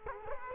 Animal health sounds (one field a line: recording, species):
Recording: mosquito wingbeat signal from an infrared sensor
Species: Culex quinquefasciatus